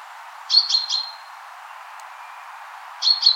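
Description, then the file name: Common chaffinch calling a quick run of three sharp high chirps, a pause, then two more chirps at the end. "Fringilla coelebs"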